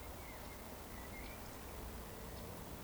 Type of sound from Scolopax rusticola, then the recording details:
whistle. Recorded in Baden-Württemberg, Germany, on 24 June 2020 at 19:29 UTC. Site 14569, 102 m above sea level